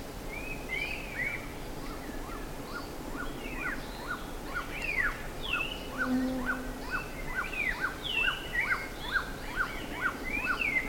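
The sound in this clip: Several birds calling: bright swooping whistles and chirps over a steady train of short repeated notes, with a constant low background rumble.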